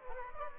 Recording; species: mosquito wingbeat signal from an infrared sensor; Aedes aegypti